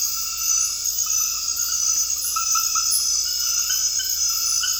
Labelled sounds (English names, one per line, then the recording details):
none
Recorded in dense forest near Puerto Asís, Putumayo, Colombia, on 19 February 2024 at 00:00
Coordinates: 0.485, -76.318
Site G6408